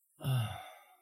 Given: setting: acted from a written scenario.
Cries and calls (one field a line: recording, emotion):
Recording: vocal sound without words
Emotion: ecstasy